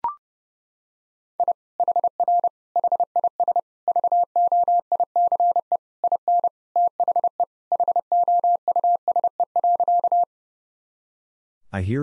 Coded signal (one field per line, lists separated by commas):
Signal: Morse code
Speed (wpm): 29 wpm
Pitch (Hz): 700 Hz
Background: none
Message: I HR HIS VOICE IN THE HOUSE.